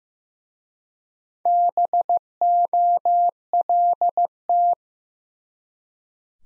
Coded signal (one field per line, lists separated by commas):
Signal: Morse code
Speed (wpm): 15 wpm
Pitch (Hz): 700 Hz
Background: none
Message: BOLT